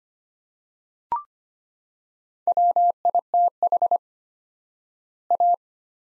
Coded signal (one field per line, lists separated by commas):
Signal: Morse code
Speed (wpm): 25 wpm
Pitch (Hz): 700 Hz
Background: none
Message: WITH A